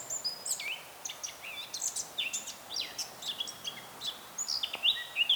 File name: Sylvia atricapilla